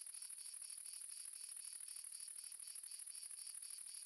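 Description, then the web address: Crickets chirping, several insects giving rapid pulsed chirps over a steady high-pitched continuous trill. Several crickets, south of France. "sonniss gdc audio. crickets multiple south france"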